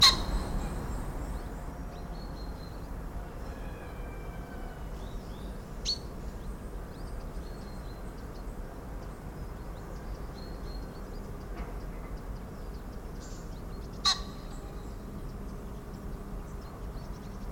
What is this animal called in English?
Common Pheasant